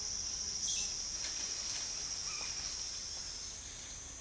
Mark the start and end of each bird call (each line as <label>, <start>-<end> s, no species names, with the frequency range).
bird call (2.1-8.7 kHz), 0.56-0.98 s
bird call (1.0-3.0 kHz), 2.25-2.58 s